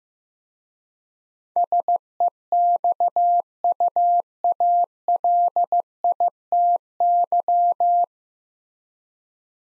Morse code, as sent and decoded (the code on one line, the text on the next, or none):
... . -..- ..- .- .-.. .. - -.--
SEXUALITY